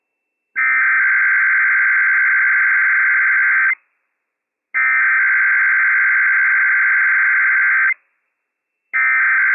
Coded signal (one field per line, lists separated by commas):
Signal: Emergency Alert System (SAME) tones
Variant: header bursts